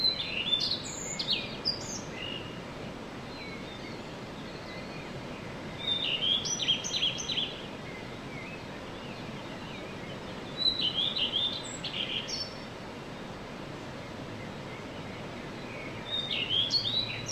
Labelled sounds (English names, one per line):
Common Redstart